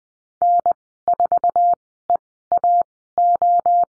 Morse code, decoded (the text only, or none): N4EAO